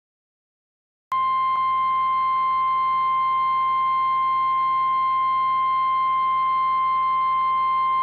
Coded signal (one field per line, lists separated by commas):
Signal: Emergency Alert System (SAME) tones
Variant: 1050 Hz attention tone